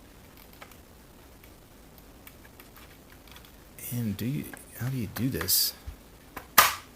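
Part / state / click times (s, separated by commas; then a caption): plastic tire pushed into a slot in a toy vehicle / seated / 6.6 s. A plastic tire on a toy vehicle is pushed down through a small hole into its stowed position. After faint handling ticks, someone talks, then the tire snaps into place with a sharp click at 6.6 seconds, seating it.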